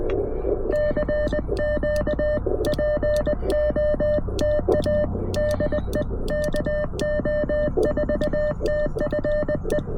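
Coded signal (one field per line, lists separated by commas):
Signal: Morse code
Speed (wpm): 20 wpm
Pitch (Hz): 590 Hz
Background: music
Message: CQ POTA DE KO4TFE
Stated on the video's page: POTA park activation, QRP CW from a car with CFT1 QRP transceiver, Palm Pico Paddle, 17-foot whip antenna; includes a QRP-to-QRP contact.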